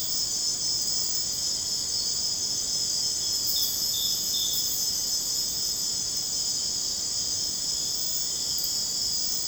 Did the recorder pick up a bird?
no